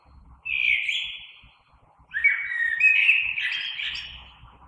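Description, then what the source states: Common blackbird song of two phrases, a short fluty one and then a longer, richer warble. Recorded 3 March 2020.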